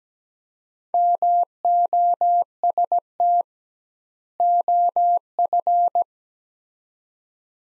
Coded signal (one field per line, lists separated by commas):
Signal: Morse code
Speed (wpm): 17 wpm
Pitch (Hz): 700 Hz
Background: none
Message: MOST OF